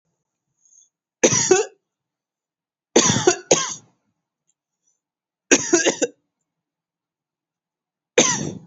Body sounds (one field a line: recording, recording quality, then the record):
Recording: heavy voluntary cough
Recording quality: excellent, no background noise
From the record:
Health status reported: healthy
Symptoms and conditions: none ticked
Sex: male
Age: 19 years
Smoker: not ticked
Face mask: not worn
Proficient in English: yes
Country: India